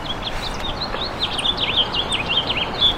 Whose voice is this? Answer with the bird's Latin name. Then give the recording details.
Haemorhous mexicanus. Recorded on Long Island, New York, on 10 June 2012. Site GW. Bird C